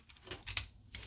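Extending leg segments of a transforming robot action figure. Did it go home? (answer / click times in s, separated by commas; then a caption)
yes / 0.6 s, 0.9 s. The plastic leg segments of a transforming robot action figure are pulled out to their extended position during transformation, with light ticks and scrapes as they slide. They click into place at 0.6 s and 0.9 s, leaving the legs seated in the extended position.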